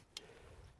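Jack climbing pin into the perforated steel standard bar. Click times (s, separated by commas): 0.2 s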